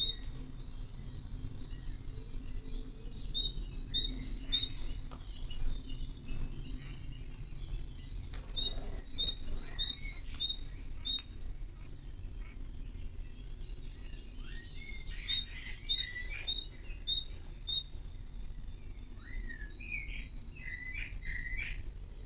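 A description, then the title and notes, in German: Several birds chatter in a garden at early morning, with repeated high rapid chirp trills, scattered calls, and a steady low rumble underneath. Frühmorgendliche Vogelkonversation. Morgends gegen halb sechs in meinem Garten unterhalten sich die verschiedensten Vogelarten lauter miteinander als die Marktschreier auf dem Hamburger Fischmarkt.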